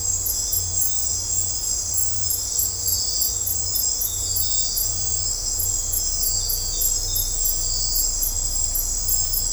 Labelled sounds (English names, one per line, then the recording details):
none
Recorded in dense forest near Puerto Asís, Putumayo, Colombia, on 16 December 2024 at 02:30
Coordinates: 0.503, -76.323
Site G043